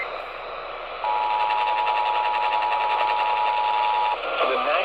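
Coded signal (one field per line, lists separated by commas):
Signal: Emergency Alert System (SAME) tones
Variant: 853 and 960 Hz attention tone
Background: speech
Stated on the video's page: Real flash flood warning EAS aired on an AM 1130 kHz broadcast station.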